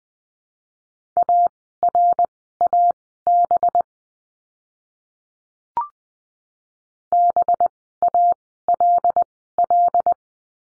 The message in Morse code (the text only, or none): ARAB BALL